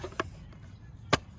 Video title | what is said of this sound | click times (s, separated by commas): $100 CRX PAINT JOB: PART 3, IT’S FINALLY ONE COLOR! | And there you go. So as soon as you hear it pop off, | 1.1 s